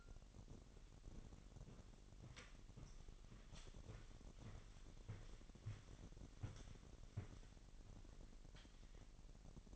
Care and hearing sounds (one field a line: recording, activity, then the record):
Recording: daily activity, microphone in the room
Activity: walk to room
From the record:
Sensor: 4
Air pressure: 1013.1 hPa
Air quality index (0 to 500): 244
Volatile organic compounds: 4 ppm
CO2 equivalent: 1628 ppm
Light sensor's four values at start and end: 28/67/27/28 and 23/56/22/24